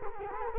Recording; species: mosquito wingbeat signal from an infrared sensor; Culex quinquefasciatus